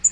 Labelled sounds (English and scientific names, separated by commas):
Black-throated Green Warbler (Setophaga virens) flight call